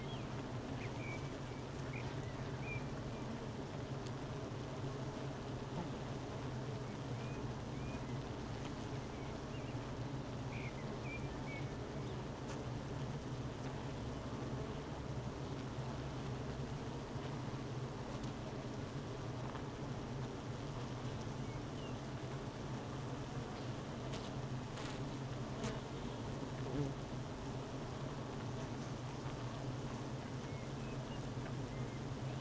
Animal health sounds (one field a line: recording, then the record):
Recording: honeybee colony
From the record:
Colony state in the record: missing queen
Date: 31 May 2018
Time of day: 12:10